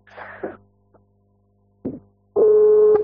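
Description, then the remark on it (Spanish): A call is placed again on a phone running low on battery; the ringback tone sounds once near the end, a loud, steady mid-pitched buzz lasting under a second, preceded by a couple of short rustling noises and silence. “Estoy llamando”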